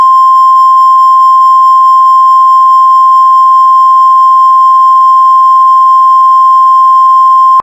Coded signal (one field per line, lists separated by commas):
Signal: Emergency Alert System (SAME) tones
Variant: 1050 Hz attention tone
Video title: The Los Angeles Storm EAS scenario